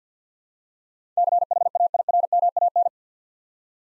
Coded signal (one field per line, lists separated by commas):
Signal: Morse code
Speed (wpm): 50 wpm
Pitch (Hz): 700 Hz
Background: none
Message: CHAIRMAN